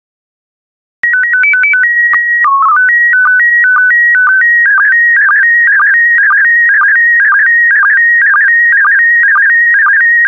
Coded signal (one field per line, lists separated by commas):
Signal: SSTV (slow-scan television)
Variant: PD 120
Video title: 84032 Roses by Diane Rose Therrien SSTV PD120